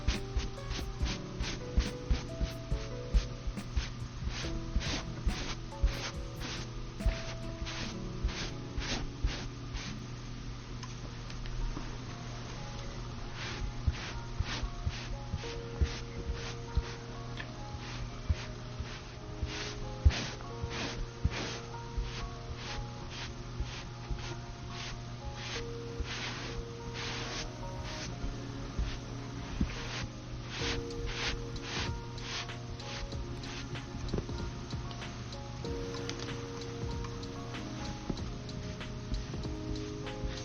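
Makeup being applied: frequent light taps and short brushing strokes land irregularly across the whole forty seconds, thickest in bursts around the middle and end. A steady low hum runs underneath, with faint held tones drifting in and out.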